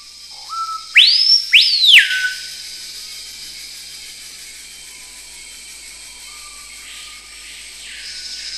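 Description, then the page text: Screaming piha call: soft low rising notes build into two piercing, whip-like whistles that sweep up then fall, followed by a steady high hiss. "Screaming Piha From British Library - wildlife sounds"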